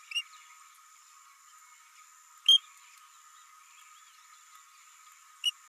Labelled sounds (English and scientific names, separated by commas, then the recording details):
Green-rumped Parrotlet (Forpus passerinus) babbling
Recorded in a nest box in Venezuela
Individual 18B104A5